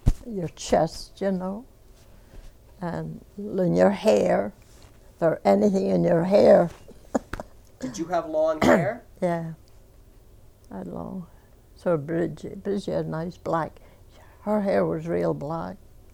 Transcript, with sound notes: your chest, you know. And then your hair, if there was anything in your hair. (she laughs)
Did you have long hair?
Yeah. I had long, so did Bridget. Bridget had nice black, her hair was real black.